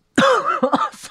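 A short run of harsh, voiced coughs from an adult man, roughly four or five bursts within a second: a coughing fit.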